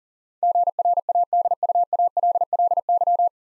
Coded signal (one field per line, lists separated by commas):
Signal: Morse code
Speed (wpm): 40 wpm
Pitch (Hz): 700 Hz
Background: none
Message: GRADUALLY